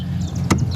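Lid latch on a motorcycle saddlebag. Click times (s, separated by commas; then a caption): 0.5 s. A latch on a motorcycle saddlebag lid is turned to lock the lid down, with a steady low hum underneath. A sharp, loud click at 0.5 s marks the latch seating into place.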